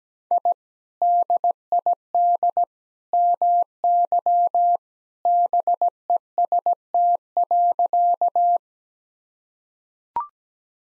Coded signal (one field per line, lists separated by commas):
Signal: Morse code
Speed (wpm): 17 wpm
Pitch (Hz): 700 Hz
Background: none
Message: I DID MY BEST.